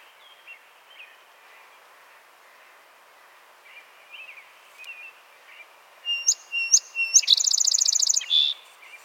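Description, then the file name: Song sparrow starts singing after a quiet stretch of faint bird calls: three crisp intro notes, a rapid trill, then a buzzy flourish to close. "Melospiza melodia - Song Sparrow"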